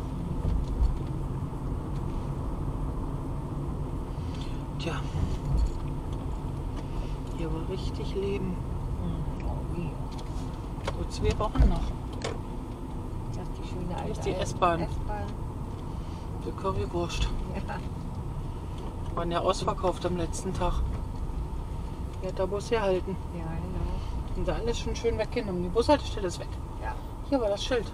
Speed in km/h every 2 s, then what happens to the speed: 26, 27, 27, 26, 26, 23, 20, 19, 19, 18, 16, 14, 13, 10.
0-9 steady at about 26. 9-28 slows to 10.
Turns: none.